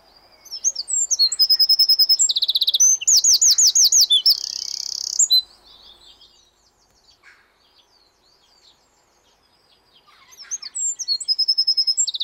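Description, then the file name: Eurasian wren song: a loud, fast outpouring of high trills, buzzes and rattling notes lasting about five seconds, then a pause, then another trilled burst begins. "Troglodytes troglodytes"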